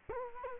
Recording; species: mosquito wingbeat signal from an infrared sensor; Culex quinquefasciatus